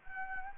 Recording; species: mosquito wingbeat signal from an infrared sensor; Anopheles gambiae